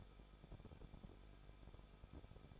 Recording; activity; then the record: daily activity, microphone in the room; no activity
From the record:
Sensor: 5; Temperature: 20.8 degrees Celsius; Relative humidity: 38.5%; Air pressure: 1006.5 hPa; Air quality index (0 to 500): 191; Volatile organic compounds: 20 ppm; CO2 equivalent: 2698 ppm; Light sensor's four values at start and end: 2/3/1/1 and 2/3/1/1